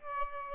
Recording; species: mosquito wingbeat signal from an infrared sensor; Aedes albopictus